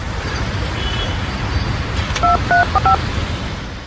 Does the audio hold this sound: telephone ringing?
yes